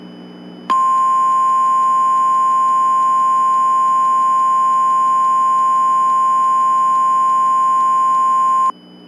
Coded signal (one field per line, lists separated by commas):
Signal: Emergency Alert System (SAME) tones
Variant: 1050 Hz attention tone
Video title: (EAS MOCK) The Yellowstone Caldera Disaster